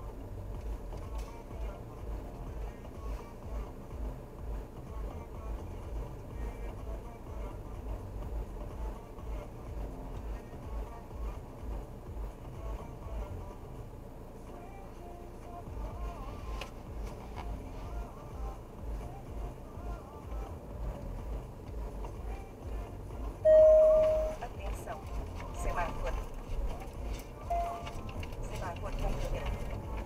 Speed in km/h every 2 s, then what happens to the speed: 1, 1, 1, 0, 0, 0, 0, 0, 0, 0, 5, 4, 7, 6, 11.
0-19 standing. 19-30 pulls away to 11.